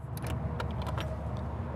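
The slam latch of the tack room door on a 2026 Cimarron Norstar 7 Horse Gooseneck trailer is handled near its striker. Short metallic clinks and rattles are heard at about 0.2, 0.6 and 1.0 seconds over a steady low rumble. Nothing has seated or clicked yet.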